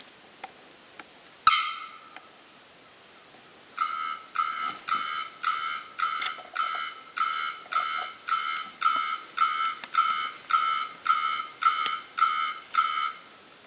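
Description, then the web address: Bearded bellbird calling: one loud ringing clang, a pause, then a long steady series of metallic, bell-like notes about every half second. "bearded bellbird. صدای-پرنده-زنگمرغ-ریشدار"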